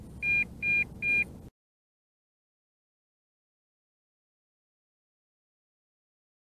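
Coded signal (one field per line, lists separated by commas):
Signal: beep code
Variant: JJRC X8 transmitter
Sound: three short equal high beeps, then silence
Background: wind or outdoor rumble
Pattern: 3 short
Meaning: Three beeps warn the drone battery is low, starting return to home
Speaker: And I hear constant 3 beeps. And that 3 beeps is because I'm out of battery. This is the first phase of low voltage return to home.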